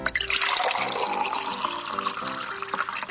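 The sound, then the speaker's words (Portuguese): Water splashes steadily into a bottle for about three seconds, a bright, continuous gurgling pour with a faint tonal ring underneath as the vessel fills. No voices. “Só para se ter uma ideia de quanto vale a água hoje, imagine que seja possível pôr a água do planeta em uma garrafa de 1,5 litros.”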